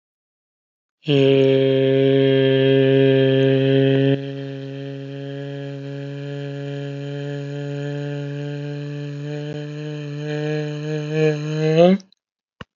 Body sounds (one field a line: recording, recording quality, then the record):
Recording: sustained vowel as in made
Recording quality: excellent, no background noise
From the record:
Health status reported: healthy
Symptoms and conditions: diabetes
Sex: male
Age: 66 years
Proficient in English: yes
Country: India